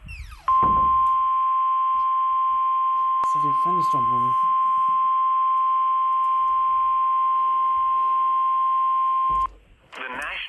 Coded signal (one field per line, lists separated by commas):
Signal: Emergency Alert System (SAME) tones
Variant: 1050 Hz attention tone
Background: speech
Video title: SVR over Elmwood, Wisconsin (EAS #229)